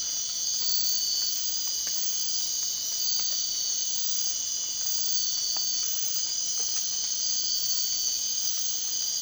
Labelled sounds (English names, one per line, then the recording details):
none
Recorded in dense forest near Puerto Asís, Putumayo, Colombia, on 24 March 2025 at 01:30
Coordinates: 0.499, -76.324
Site GP03